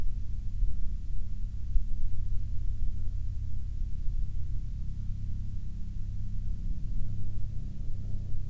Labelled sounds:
aircraft

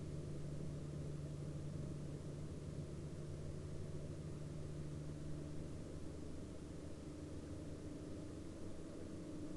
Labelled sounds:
man-made sound

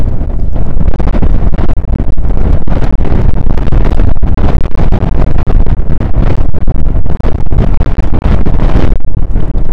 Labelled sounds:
wind

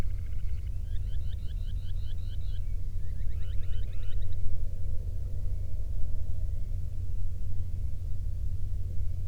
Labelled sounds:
songbird, man-made sound

